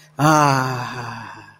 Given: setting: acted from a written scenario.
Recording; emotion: vocal sound without words; ecstasy